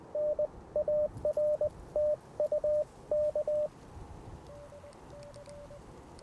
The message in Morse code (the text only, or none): N AR TU K